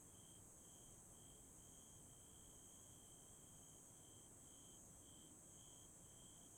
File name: 鈴虫鳴き声